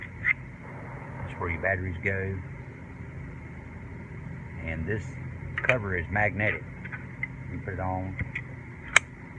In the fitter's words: hear it click, and it stays in place.